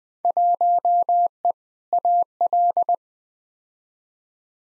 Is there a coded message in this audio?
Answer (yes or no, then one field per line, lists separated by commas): yes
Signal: Morse code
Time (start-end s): 0.2-2.9 s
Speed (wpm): 20 wpm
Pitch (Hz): 700 Hz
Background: none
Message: 1E AL